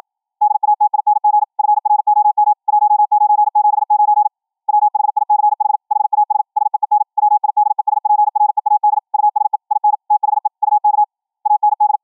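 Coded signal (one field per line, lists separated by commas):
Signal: Morse code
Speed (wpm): 53 wpm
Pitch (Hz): 840 Hz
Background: none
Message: DATING FROM 1979 WHICH HAS SEEN WIDESPREAD USE IN THE UK AND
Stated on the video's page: QRQ CW at 21 kHz VLF, generated by a Raspberry Pi 4 audio output into a tuned large ferrite rod antenna, received by a laptop sound-card SDR.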